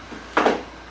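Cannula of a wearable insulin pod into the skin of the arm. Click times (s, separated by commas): 0.4 s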